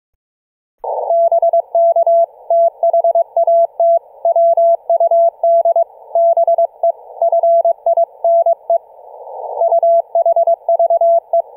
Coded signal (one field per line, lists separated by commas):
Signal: Morse code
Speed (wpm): 22 wpm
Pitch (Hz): 670 Hz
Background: none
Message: BK THAT WUD BE FINE UHVE